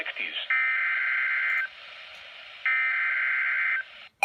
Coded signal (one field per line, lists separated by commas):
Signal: Emergency Alert System (SAME) tones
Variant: header bursts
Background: speech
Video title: Slight Risk Fun | EAS Alerts 48-75